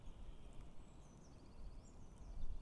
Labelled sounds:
Eurasian Blue Tit

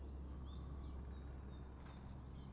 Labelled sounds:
Great Spotted Woodpecker

